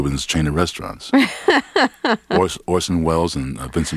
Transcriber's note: laughter